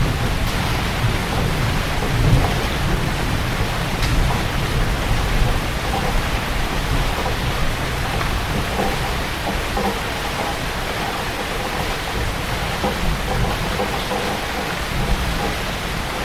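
Rain patters steadily on a wooden roof, a dense even hiss with a deep low rumble underneath throughout, no clear breaks.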